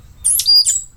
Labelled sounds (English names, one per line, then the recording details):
Stitchbird song
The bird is a male
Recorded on Tiritiri Matangi Island, New Zealand, in 2005
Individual 17, of nest box 25